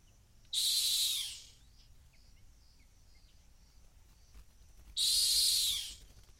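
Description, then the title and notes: Rock hyrax producing two short, harsh screeching calls about four seconds apart, with faint background hiss in the pause. Calling from the edge of a gorge in the Masai Mara. "Rock Hyrax calling at Gorge. A rock hyrax calling from the edge of a gorge in the Masai Mara"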